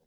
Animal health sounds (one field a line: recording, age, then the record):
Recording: pig call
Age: piglet (1 to 25 days)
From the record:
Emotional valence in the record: positive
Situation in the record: reunion after long isolation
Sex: female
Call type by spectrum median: low-frequency call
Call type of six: low-frequency stable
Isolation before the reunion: 8 minutes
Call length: 0.07 s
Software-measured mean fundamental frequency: 41 Hz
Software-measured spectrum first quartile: 364 Hz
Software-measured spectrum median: 1064 Hz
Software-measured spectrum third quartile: 11817 Hz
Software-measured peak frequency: 492 Hz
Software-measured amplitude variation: 44 dB a second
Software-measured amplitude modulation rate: 7.2 a second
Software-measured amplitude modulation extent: 6.0 dB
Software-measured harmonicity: 8.4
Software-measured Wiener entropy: -3.30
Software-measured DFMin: 609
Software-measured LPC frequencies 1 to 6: 533, 1777, 3122, 3808, 4772, 5341 Hz